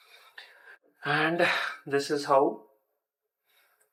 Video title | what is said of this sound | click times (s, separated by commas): Hit the Trails Right: Step-by-Step Chin Mount Installation #helmet #viral #chinmount #offroading | है सो वो buckle को press करते ही वो लॉक हो जाएगा | 0.4 s